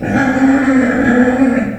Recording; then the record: squeal of a Yucatan mini pig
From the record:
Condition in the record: after surgery on the right vocal fold (resection and tissue-engineered implant); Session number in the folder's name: 3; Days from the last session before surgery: 21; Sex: female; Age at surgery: 19 weeks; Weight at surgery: 25 kg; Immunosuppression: prednisolone